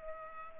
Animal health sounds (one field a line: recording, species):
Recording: mosquito wingbeat signal from an infrared sensor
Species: Culex pipiens